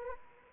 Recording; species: mosquito wingbeat signal from an infrared sensor; Anopheles arabiensis